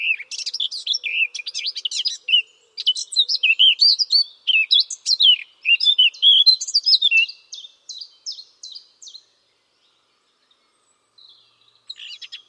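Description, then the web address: Bird calls: lively high chirps and slurred whistles for seven seconds, tapering into sparse quieter notes, a silent stretch, then a few faint chirps. "Bird Only"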